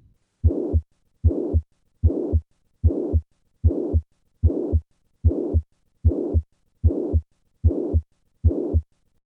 The sound of mitral regurgitation.